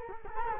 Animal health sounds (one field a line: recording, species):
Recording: mosquito wingbeat signal from an infrared sensor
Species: Culex quinquefasciatus